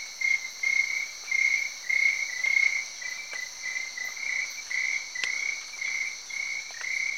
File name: Crickets, tree froogs and rain on big leaves